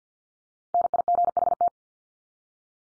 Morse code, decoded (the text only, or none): NIGHT